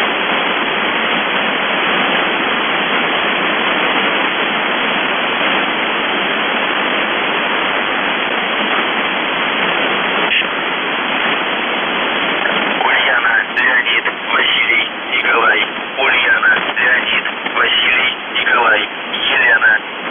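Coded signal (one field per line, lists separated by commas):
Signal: numbers station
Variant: UVB-76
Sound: hissing radio static, then a faint distorted male voice speaking through the noise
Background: radio static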